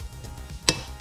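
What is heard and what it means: An AEM cold air intake tube, previously not all the way in, is pushed home into its coupler on the engine intake of a Veloster N, with low background rumble before a single sharp hit at 0.7 s. The tube seats fully into place.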